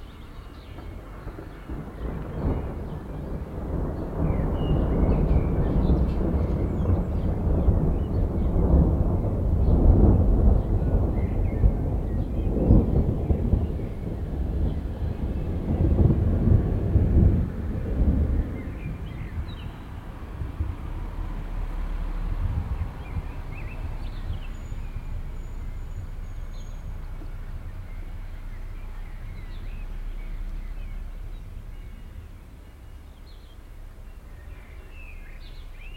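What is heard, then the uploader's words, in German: Thunder rumbles low and heavy, swelling through the first twenty seconds with rolling bursts around 10 and 13 seconds, then fading to a quieter murmur. A steady hiss of traffic runs underneath, with a few faint knocks and a brief high tone later on. Gewitterstimmung. Ich sitze gerade auf dem Balkon. Es donnert. Autos fahren vorbei, Türen schletzen.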